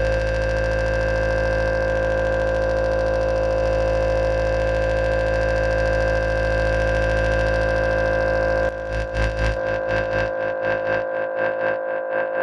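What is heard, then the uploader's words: A dense, steady electronic drone from guitar pedals holds for about eight and a half seconds, with a piercing high tone and a low hum layered over a rough wash. Then it breaks into rapid pulsing stutters that thin out and grow choppier toward the end. Guitar pedals performed live. Knob tweaking, self-oscillating filters, FM synthesis, and delay in glorious monophonic wav files. Moog MF-101 Lowpass Filter Moog MF-107 FreqBox Digitech RP-355 (reverb, delay, looping).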